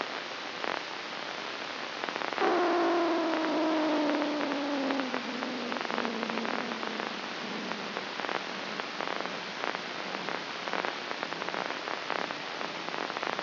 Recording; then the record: brain microelectrode recording played as sound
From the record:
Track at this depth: inside the subthalamic nucleus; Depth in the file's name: 2.746 mm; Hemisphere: right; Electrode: 2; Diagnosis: Parkinson's disease